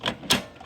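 A plastic ink cartridge is slid into the carriage slot of an HP OfficeJet 3836 printer and pushed up with an index finger until it latches. Three short plastic clicks are heard at about 0.1, 0.3 and 0.7 seconds. The cartridge snaps home with the click at 0.3 seconds, and it is confirmed seated.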